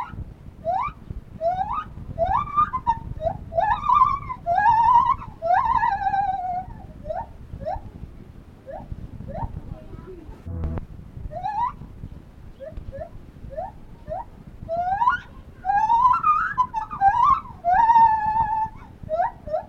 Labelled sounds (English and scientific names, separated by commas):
Lar Gibbon (Hylobates lar)